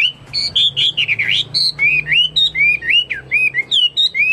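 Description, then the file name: Chinese hwamei giving rich whistled song, each note a sliding slur, some rising, some falling, delivered in a loose, steady stream. "omkicau hwamei"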